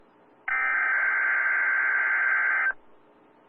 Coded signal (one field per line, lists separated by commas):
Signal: Emergency Alert System (SAME) tones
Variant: header bursts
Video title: WXL57s Weekly test EAS 1231